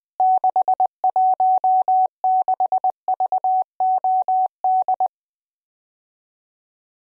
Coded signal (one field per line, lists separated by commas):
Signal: Morse code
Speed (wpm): 20 wpm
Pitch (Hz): 750 Hz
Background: none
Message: 616VOD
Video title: CW Trainer Demo